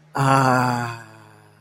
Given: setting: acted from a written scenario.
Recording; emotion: vocal sound without words; ecstasy